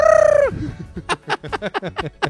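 A plump pet cat lets out a strange cry: a loud, sustained harmonic wail that dips in pitch, then breaks into a rapid, stuttering string of about nine short yelps. No one speaks.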